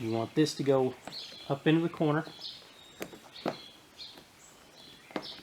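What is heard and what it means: Someone talks while pushing the rubber upper window seal corner of an XK8 Coupe up into the upper corner of the car door frame during reinstallation. A few brief sharp handling ticks are heard around 3.0, 3.5 and 5.1 seconds over quiet outdoor background noise with faint chirps. Nothing has seated or clicked into place yet.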